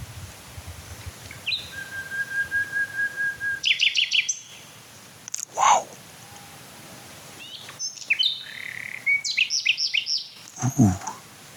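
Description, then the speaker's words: Common Nightingale song: a long steady whistle, rapid trilled notes and varied phrases. Singing at night in fields on a completely still night, waning half moon, slowly drifting clouds; song described as sobbing, with beating and fluting. "Oh, das schöne Schluchzen. Lauschen wir doch noch ein paar Minuten Herrn Nachtigall."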